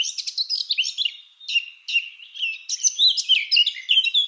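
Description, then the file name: Eurasian blackcap singing a lively jumble of chattering notes, with a brief lull, then richer whistled phrases. "Sylvia atricapilla"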